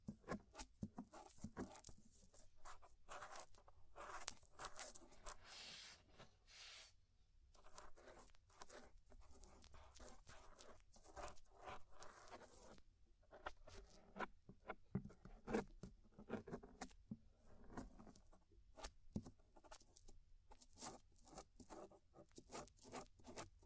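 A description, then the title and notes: Scraping inside and around an ear, heard as a dense run of short, crackling scratches and rubs. The strokes come fast and irregular throughout, bright and hissy, with brief gaps near 7 and 13 seconds and a soft low rumble underneath. Inner and Outer Ear Scraping (No Talking).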